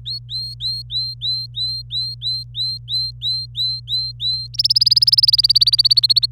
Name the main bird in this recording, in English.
Domestic Canary